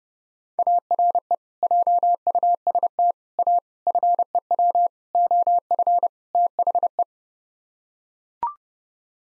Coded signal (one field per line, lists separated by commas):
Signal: Morse code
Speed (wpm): 32 wpm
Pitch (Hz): 700 Hz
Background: none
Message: ARE JUST A FEW OF THE